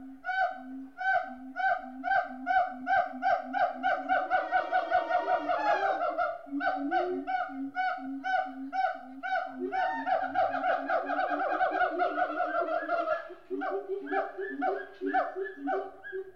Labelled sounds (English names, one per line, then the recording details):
Pileated Gibbon
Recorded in captivity
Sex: female
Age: adult
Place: Zoo Berlin, Berlin, DE
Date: 1988-08-28
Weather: bedeckt, 18-20°C
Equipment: Sony WM-D6C, Sony ECM-939 LT, Kopie Tesla B 116 Stereo
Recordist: Tembrock, Günter